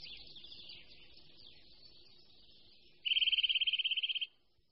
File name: Brhlík-lesní